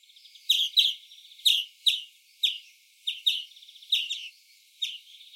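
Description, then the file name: European greenfinch calls: short, bright chirps given singly and in quick pairs, about ten notes spaced irregularly over five seconds, with a faint buzzy chatter between them. "Chloris chloris"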